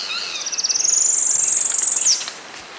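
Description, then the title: Tropical parula song: a rapid buzzy trill of high notes rising in pitch, then a level sizzling run ending in an abrupt downward flick. Subspecies Setophaga pitiayumi pitiayumi, assumed from location. "LuckyPassaro Completos2Sama. Tropical Parula (Setophaga pitiayumi pitiayumi (ssp assumed from location))"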